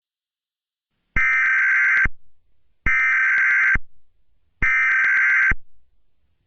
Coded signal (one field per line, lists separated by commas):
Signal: Emergency Alert System (SAME) tones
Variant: header bursts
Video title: From the GoldenboyEAS Archives: EAS Scenario - War of the Century In Mobius City (Part I)